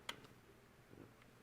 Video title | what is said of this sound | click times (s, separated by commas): Mercedes Specific Ignition Spark Tester - Simple to Use. | push it right in here until it clicks | 0.1 s